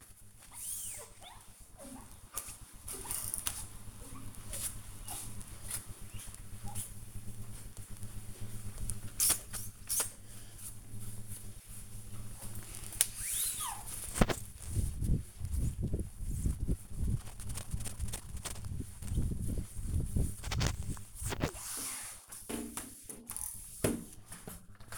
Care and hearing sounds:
household activities, microphone on the right wrist
0.00-24.98 s: window cleaning

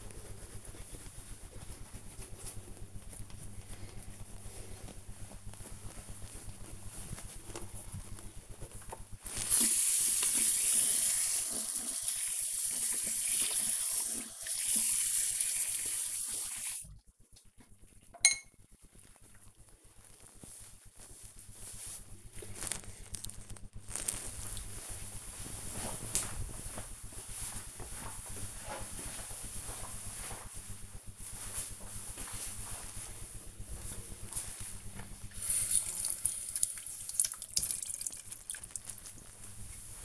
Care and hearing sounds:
household activities, microphone on the right wrist
0.00-17.56 s: brushing teeth
33.72-40.05 s: cleaning table

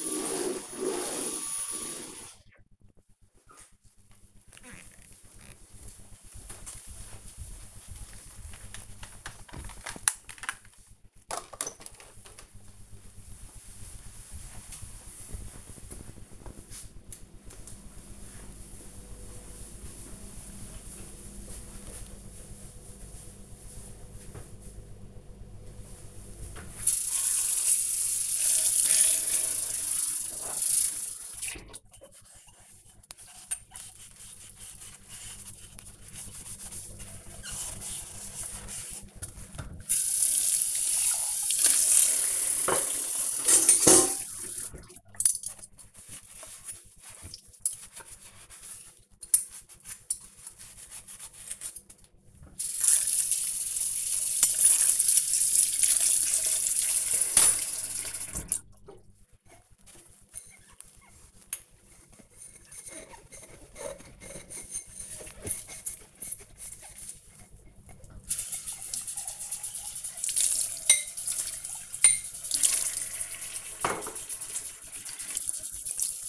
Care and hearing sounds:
household activities, microphone on the right wrist
0.00-2.10 s: vacuum cleaning
25.18-76.29 s: washing dishes

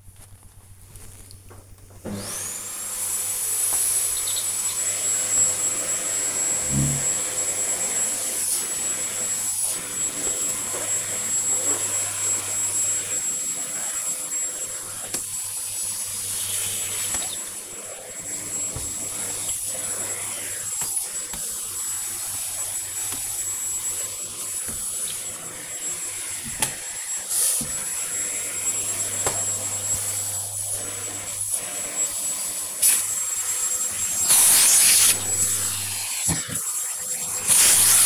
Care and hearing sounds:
household activities, microphone on the right wrist
0.76-38.05 s: vacuum cleaning

